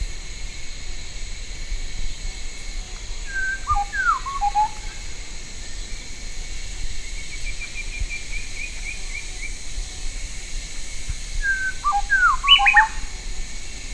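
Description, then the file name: Bird gives two separate whistled phrases of falling and rising notes, about eight seconds apart, with a faint trill between them and a constant background hum. "SABIOD 50 bird 2015"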